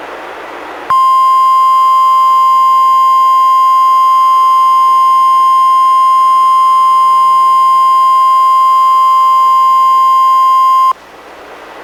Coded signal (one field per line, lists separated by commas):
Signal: Emergency Alert System (SAME) tones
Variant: 1050 Hz attention tone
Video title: EAS #76: NWR Required Weekly Test- Sep. 23, 2015- 11:01AM PDT